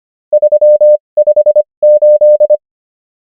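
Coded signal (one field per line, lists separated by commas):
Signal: Morse code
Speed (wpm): 25 wpm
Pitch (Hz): 600 Hz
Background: none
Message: 358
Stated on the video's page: Morse practice of numbers at 25 wpm character speed and 21 wpm word speed, Farnsworth spacing.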